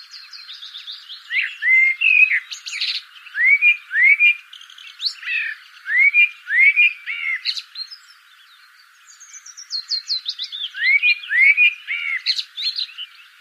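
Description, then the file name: Common blackbird song with short rising whistled notes repeated in runs, mixed with high thin twittering and a brief quieter gap midway. "Turdus merula"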